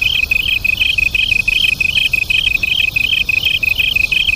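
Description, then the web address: Japanese tree cricket singing: quick, even chirps near three per second riding on a sustained shrill trill. Duet of Japanese tree crickets. "sikioto insect kantanduet"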